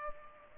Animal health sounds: mosquito wingbeat signal from an infrared sensor; Culex pipiens

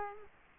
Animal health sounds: mosquito wingbeat signal from an infrared sensor; Culex quinquefasciatus

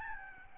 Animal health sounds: mosquito wingbeat signal from an infrared sensor; Aedes albopictus

